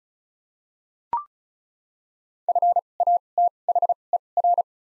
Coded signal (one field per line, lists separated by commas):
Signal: Morse code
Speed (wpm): 34 wpm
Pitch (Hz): 700 Hz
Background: none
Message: F A T H E R